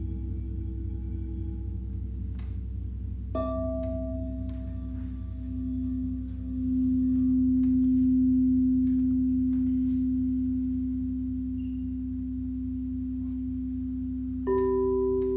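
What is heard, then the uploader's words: Gongs and bowls ring in a gong bath, their tones layered over a low, steady drone. A new struck tone enters near three seconds and swells louder around seven to ten seconds, then another strike lands near fourteen and a half seconds, with faint taps scattered between. Gong Bath. Steve Gong runs classes for groups in a church hall in Ainsdale Merseyside.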